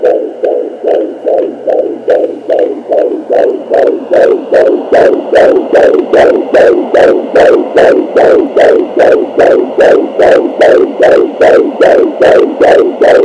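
Rapid, regular whooshing beats at about 150 a minute: a baby's heartbeat at 32 weeks of pregnancy, picked up by a Doppler monitor.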